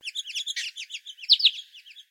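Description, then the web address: Honeyeater calling in a fast, busy stream of high chirps and twittering slurred notes, with two louder sharp notes near the end, lasting about two seconds. "Sound Effects-Foundation 1 BIRD HONEY EATER CALL"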